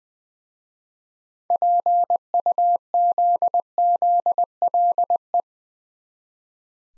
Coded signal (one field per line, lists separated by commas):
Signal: Morse code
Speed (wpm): 20 wpm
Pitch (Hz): 700 Hz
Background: none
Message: PUZZLE